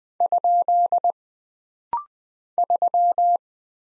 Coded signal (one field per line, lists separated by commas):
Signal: Morse code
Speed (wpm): 20 wpm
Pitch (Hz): 700 Hz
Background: none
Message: ? 3